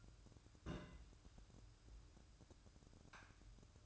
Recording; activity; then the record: daily activity, microphone in the room; place on stove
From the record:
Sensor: 2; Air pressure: 1007.8 hPa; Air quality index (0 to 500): 101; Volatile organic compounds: 1 ppm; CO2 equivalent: 765 ppm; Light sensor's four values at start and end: 7/16/6/6 and 7/16/6/6